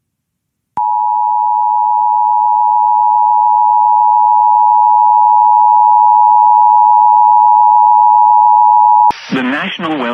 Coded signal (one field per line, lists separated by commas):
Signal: Emergency Alert System (SAME) tones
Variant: 853 and 960 Hz attention tone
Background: speech